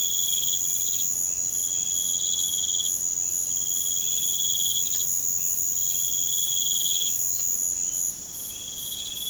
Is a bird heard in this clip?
no